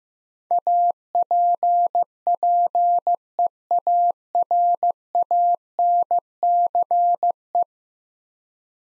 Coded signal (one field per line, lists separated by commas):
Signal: Morse code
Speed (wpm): 15 wpm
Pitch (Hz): 700 Hz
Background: none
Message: APPEARANCE